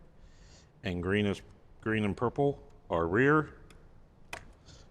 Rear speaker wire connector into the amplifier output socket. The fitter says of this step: sure you hear that click get a little tug just to make sure they're in there now we have our speaker wires plugged in